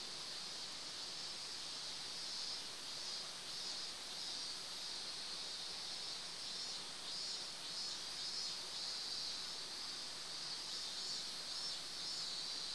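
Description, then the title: Cicadas give a continuous shrill, hissing buzz over the constant rush of flowing stream water. Recorded in summer beside a river in front of a training-camp building, Yugawa, Ito City, Shizuoka Prefecture, Japan; DR-07X digital recorder. "湯川, 伊東市, 静岡県, 414-0006, 日本 - Summer Stream with Cicadas"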